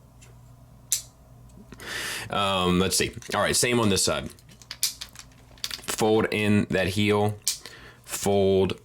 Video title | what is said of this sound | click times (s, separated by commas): Transformers 3rd Party Generation Toy OP EX (IDW Optimus Prime) | and it's like just held in there with the right tension but if you listen it it sounds like it clicks in place which I I like for some reason listen | 0.9 s